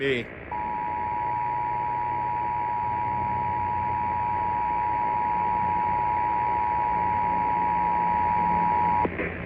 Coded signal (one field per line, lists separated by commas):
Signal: Emergency Alert System (SAME) tones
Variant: 853 and 960 Hz attention tone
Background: speech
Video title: (EAS 51) Immediate Evacuation for my area (READ PINNED COMMENT)